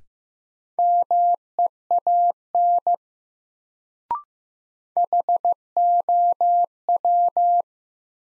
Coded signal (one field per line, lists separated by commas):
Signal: Morse code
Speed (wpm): 15 wpm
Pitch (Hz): 700 Hz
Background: none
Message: MEAN HOW